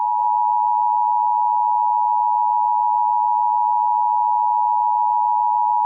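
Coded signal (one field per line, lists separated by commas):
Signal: Emergency Alert System (SAME) tones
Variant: 853 and 960 Hz attention tone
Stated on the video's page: Fictional EAS scenario.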